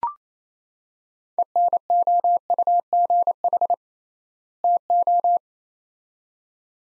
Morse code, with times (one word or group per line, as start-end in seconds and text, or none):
1.4-3.7 ENOUGH
4.6-5.4 TO